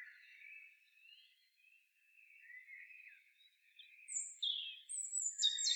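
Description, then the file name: Common blackbird song: a faint, drawn-out warble, then louder high squeaky twitters toward the end. "Turdus merula"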